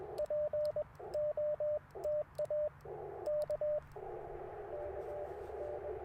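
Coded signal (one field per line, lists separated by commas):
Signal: Morse code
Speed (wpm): 21 wpm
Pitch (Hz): 600 Hz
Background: radio noise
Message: POTA K KN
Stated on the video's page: QRP CW POTA activation using Icom IC-705, AlexLoop magnetic loop antenna and Bamatech paddles.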